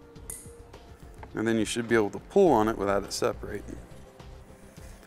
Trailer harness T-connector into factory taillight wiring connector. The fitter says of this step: Once that's fed through, you'll see our T connector slides right in. You want to hear a little click,